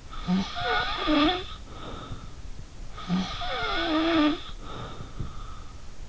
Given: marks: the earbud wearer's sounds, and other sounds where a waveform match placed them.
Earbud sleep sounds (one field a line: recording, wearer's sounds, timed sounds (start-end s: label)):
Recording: sounds in sleep by an in-ear microphone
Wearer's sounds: snoring breath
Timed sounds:
0.06-2.43 s: snoring breath
2.90-5.70 s: snoring breath